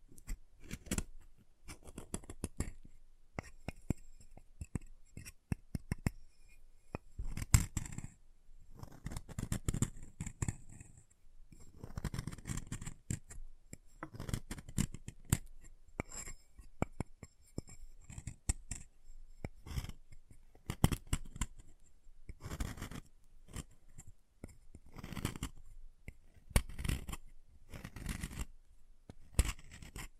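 Chalk is carved and cut in a steady run of short scraping strokes and crisp snips, coming every second or so with brief pauses between. Some strokes are gritty and drawn out, others sharp and clicky, with a few louder cuts around seven and twenty-five seconds.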